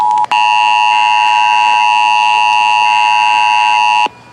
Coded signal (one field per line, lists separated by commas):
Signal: Emergency Alert System (SAME) tones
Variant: 853 and 960 Hz attention tone